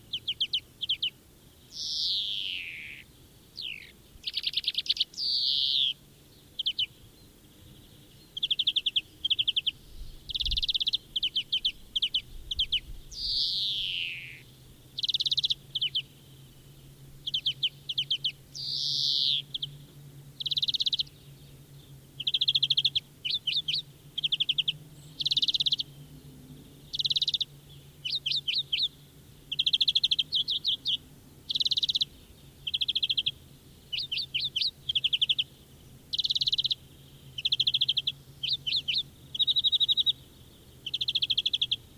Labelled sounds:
European Greenfinch (Chloris chloris) song

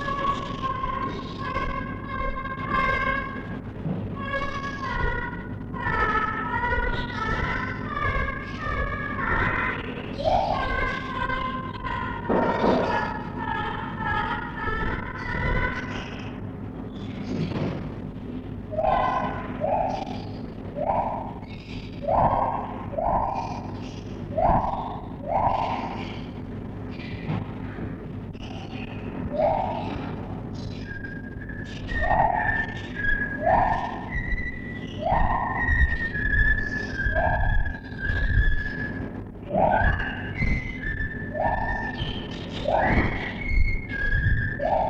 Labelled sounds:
Lar Gibbon (Hylobates lar)

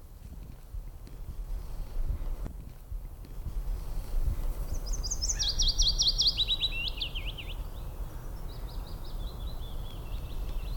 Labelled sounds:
Willow Warbler (Phylloscopus trochilus) song

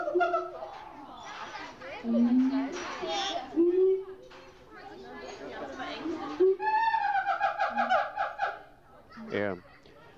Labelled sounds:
Siamang (Symphalangus syndactylus)

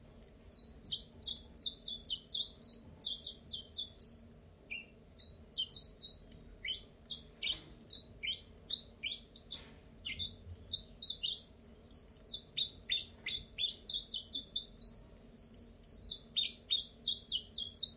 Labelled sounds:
Common Chiffchaff (Phylloscopus collybita)

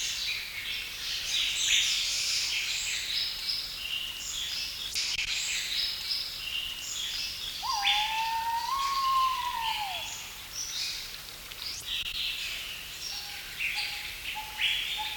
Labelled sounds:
Pheasant Pigeon (Otidiphaps nobilis) call

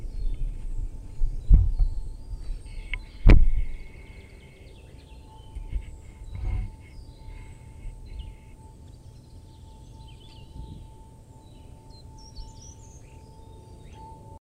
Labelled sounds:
Short-toed Treecreeper (Certhia brachydactyla) song

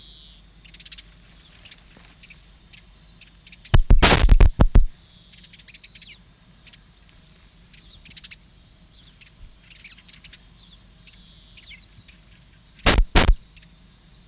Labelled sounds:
House Sparrow (Passer domesticus) song

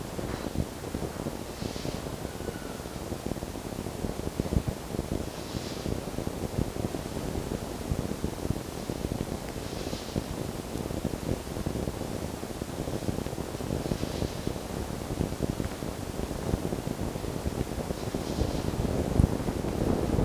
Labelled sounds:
Red Fox (Vulpes vulpes)

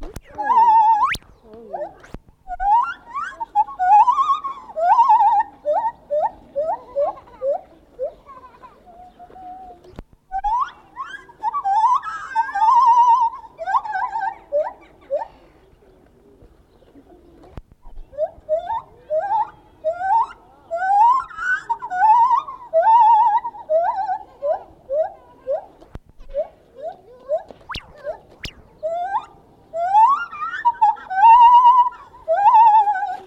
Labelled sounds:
Lar Gibbon (Hylobates lar)

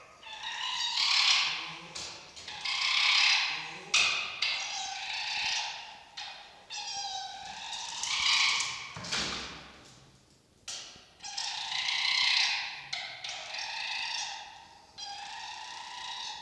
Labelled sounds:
Red Fox (Vulpes vulpes)

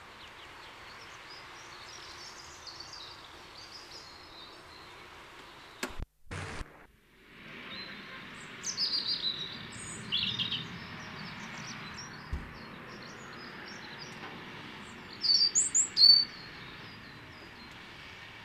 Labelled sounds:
European Robin (Erithacus rubecula) song

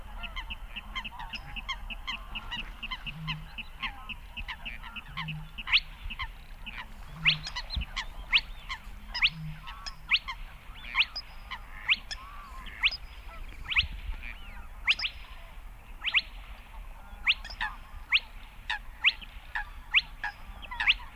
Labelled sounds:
Spotted Crake (Porzana porzana)

